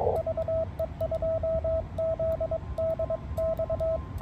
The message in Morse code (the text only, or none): VE2ZDX